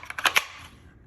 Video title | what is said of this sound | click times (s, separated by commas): Werkz M6 IWB - Review | it's definitely got a positive click when it goes in so | 0.3 s, 0.4 s